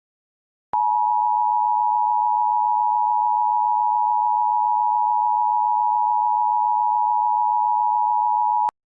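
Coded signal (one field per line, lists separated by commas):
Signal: Emergency Alert System (SAME) tones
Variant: 853 and 960 Hz attention tone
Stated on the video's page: Simulated EAS scenario, fictional.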